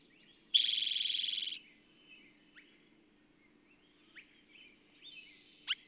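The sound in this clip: Bird song: one loud buzzy trill lasting about a second, followed by faint chips, a thin buzzy note and a sharp high note.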